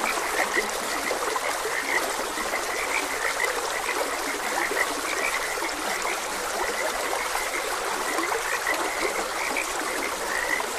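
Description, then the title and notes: Dense chorus of frogs, croaks tumbling over one another without pause, set against the steady trickle and flow of a stream. Frogs croaking beside a gentle stream. "Frogs Croaking. Sleep and Relaxation Podcast"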